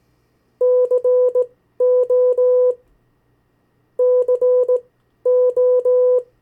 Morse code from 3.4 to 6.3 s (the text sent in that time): CO